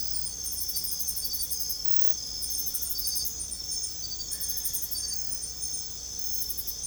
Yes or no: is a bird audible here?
no